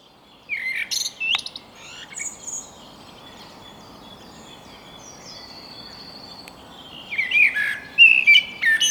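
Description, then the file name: Common blackbird gives a fluted phrase with scratchy high notes, then a pause filled by a thin drawn-out whistle from another bird, then another rich warbled phrase. "Turdus merula"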